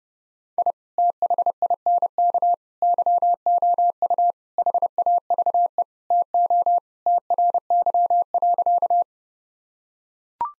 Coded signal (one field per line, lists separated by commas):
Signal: Morse code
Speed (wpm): 30 wpm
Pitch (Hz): 700 Hz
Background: none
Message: I THINK YOU HAVE TO TRY.